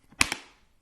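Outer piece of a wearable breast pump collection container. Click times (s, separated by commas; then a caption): 0.2 s. The plastic outer piece of a Willow Go wearable breast pump collection container is snapped back into place after being quickly released. A loud, sharp snap at 0.2 s shows it has seated, followed by a softer second click at 0.3 s and a brief fading ring. No one talks.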